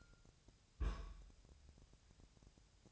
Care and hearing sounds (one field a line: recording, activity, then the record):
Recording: daily activity, microphone in the room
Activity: place on stove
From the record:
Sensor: 2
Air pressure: 999.1 hPa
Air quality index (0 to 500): 197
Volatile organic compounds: 28 ppm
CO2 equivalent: 2913 ppm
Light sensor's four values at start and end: 6/15/6/6 and 6/15/6/6